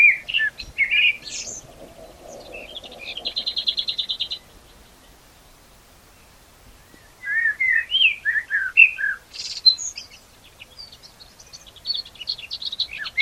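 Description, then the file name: Common blackbird song: fluted warbling phrases, a buzzy repeated high trill, then more mellow phrases closing in thin high twitters, with a faint low hum early on. "Turdus merula"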